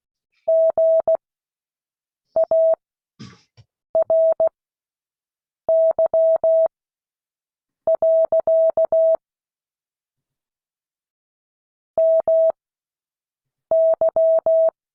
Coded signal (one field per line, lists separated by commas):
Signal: Morse code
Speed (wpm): 16 wpm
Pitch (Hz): 650 Hz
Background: none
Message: GARY. MY